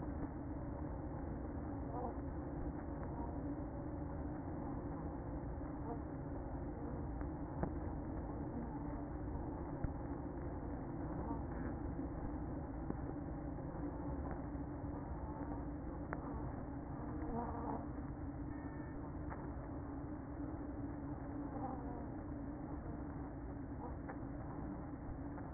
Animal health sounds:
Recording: honeybee colony, microphone inside the hive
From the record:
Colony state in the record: queen present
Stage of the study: after two queens were removed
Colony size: about 60,000 bees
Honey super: yes

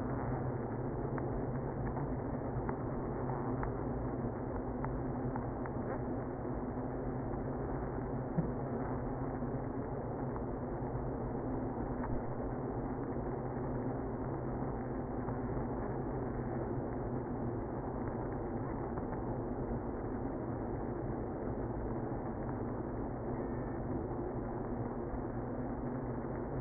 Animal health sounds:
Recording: honeybee colony, microphone inside the hive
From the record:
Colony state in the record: queenless (queen removed)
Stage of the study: after two queens were removed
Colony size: about 60,000 bees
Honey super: yes

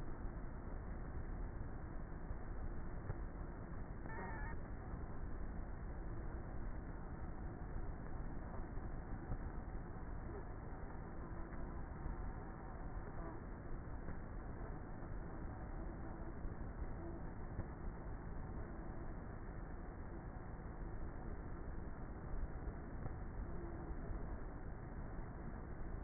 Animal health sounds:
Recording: honeybee colony, microphone inside the hive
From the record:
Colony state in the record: queenless with a low population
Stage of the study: before two queens were removed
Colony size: about 30,000 bees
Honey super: no

